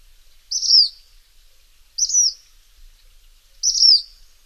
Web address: Songs of Birds of North America Stokes. Black Phoebe